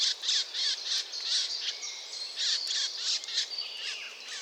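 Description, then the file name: Eurasian blackcap producing a quick series of harsh tak notes, around three a second, with a faint high whistle threading through. "Sylvia atricapilla"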